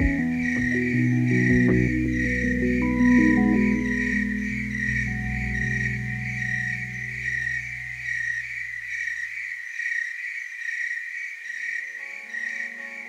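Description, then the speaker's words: Tree cricket song: a continuous, steady, mid-high pulsing trill running unbroken throughout, over soft, held musical chords that fade away and return near the end. Tree crickets singing at night; said to sound like moonbeams singing. "I like the tree crickets singing at night."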